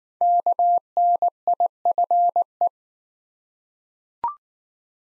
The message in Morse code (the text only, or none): KNIFE